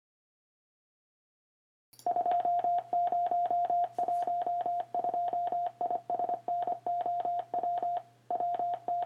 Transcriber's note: morris code